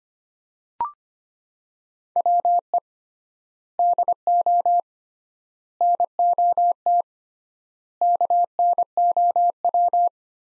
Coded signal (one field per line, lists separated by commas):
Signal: Morse code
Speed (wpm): 25 wpm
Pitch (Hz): 700 Hz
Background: none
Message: WE DO NOT KNOW